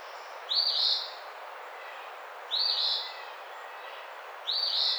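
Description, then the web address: Eastern phoebe delivering three hoarse two-syllable phrases, evenly spaced about two seconds apart. Recorded 28 April 2009. "Eastern Phoebe 2009 04 28"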